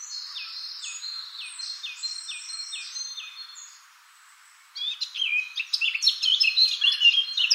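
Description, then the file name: Eurasian blackcap song, a dense lively warble of rapid varied notes bursting in after a short silence, preceded by a steady series of repeated downward-slurred notes. "Sylvia atricapilla"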